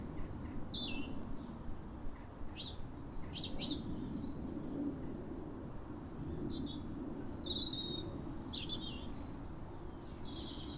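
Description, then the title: European robin song: thin, high warbled phrases with sliding notes and short pauses between them, over a low steady background rumble. Pair of robins in neighbouring gardens singing back and forth, like a duet, at a clear, calm New Year sunrise in winter after weeks of rain, welcoming the early sun. "Sound Escape 150: Be uplifted by a chorus of New Year's robins"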